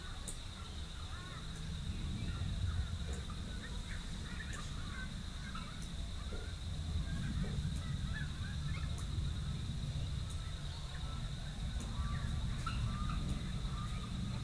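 A rural dawn chorus in Rathdowney, Queensland: many birds chirp and warble in scattered short calls throughout, over a steady low rumble. A constant thin high-pitched insect drone runs beneath, with occasional sharp clicks every second or two.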